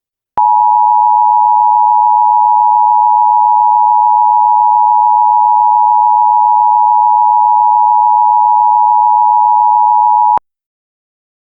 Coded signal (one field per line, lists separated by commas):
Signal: Emergency Alert System (SAME) tones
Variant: 853 and 960 Hz attention tone